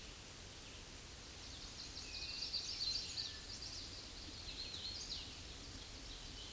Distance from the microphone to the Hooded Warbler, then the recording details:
about 65 m. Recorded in a Pennsylvania forest on 18 May 2023 at 08:48. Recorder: AudioMoth, point grid1_7_low. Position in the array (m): 157 m, 131 m